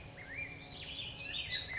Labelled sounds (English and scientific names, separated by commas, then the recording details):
Black-headed Grosbeak (Pheucticus melanocephalus)
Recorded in Sonoma County, California